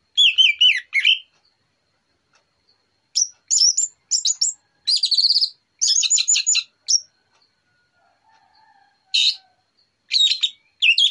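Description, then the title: Orange-headed thrush song: a rich warbled phrase, then scattered high notes, buzzy chattering runs and a few brief sharp phrases with pauses between. Morning song of an Orange-headed thrush used as a lure recording. "Pancingan Anis Merah Plong Santai Pagi Hari"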